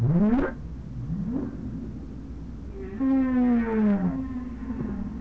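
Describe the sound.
Whale moans: a rising harmonic cry, then a long slowly falling held note rich in overtones, over low rumbling noise.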